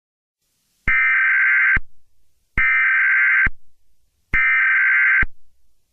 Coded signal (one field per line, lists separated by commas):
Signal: Emergency Alert System (SAME) tones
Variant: header bursts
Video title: Alien EAS